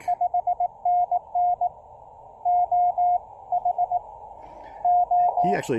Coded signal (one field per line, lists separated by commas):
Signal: Morse code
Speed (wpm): 20 wpm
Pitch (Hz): 710 Hz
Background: speech, radio noise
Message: 5NN OH O